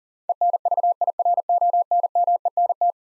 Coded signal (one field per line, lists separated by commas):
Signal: Morse code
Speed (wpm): 38 wpm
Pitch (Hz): 700 Hz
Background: none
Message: ENVIRONMENT